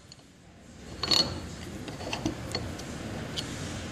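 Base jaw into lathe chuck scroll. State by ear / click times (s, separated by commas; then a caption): not seated / none. Base jaw number four is pushed into a Oneway lathe chuck body while the scroll is turned to engage it, giving a burst of metallic rattling around 1.0–1.2 s and then sharp ticks near 1.9, 2.1, 2.3, 2.6 and 3.4 s. The jaw misses the start of the scroll thread, so nothing has seated or clicked yet, and it has to be backed up and tried again.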